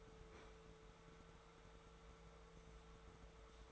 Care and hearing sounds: daily activity, microphone in the room; open fridge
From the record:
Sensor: 3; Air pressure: 1014.8 hPa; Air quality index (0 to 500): 196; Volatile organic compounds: 26 ppm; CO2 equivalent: 2866 ppm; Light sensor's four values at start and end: 19/46/19/20 and 35/89/38/40

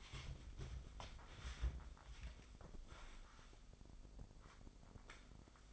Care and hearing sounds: daily activity, microphone in the room; wipe stove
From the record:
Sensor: 5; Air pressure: 996.2 hPa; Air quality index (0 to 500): 95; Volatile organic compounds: 5 ppm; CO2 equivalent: 1806 ppm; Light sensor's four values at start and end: 35/80/34/38 and 37/85/36/38

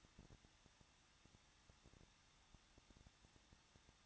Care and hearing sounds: daily activity, microphone in the room; no activity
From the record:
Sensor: 3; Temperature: 21.2 degrees Celsius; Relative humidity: 36.2%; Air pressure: 1006.4 hPa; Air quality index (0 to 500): 221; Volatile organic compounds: 40 ppm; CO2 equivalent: 3142 ppm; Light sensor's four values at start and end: 2/3/2/2 and 2/3/2/2

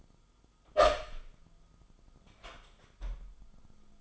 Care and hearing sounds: daily activity, microphone in the room; open door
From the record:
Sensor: 5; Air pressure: 1005.1 hPa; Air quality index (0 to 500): 100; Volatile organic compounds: 2 ppm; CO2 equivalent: 1220 ppm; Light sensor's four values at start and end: 34/78/31/30 and 34/78/31/30

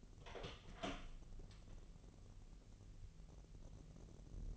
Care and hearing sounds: daily activity, microphone in the room; open door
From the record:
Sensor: 4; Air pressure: 1002.3 hPa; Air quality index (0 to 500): 249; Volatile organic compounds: 42 ppm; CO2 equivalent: 3174 ppm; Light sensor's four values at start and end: 10/23/9/9 and 10/22/9/8

